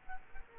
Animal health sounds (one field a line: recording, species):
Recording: mosquito wingbeat signal from an infrared sensor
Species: Culex quinquefasciatus